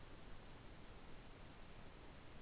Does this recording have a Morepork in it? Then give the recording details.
no. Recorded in New Zealand. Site Taranaki